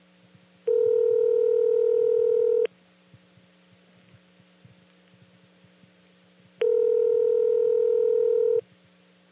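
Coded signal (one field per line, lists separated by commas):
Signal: telephone call progress tone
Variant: North America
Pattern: ringback tone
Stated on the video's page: Step-by-step switching office tones in Birdsboro, Pennsylvania, recorded 1976.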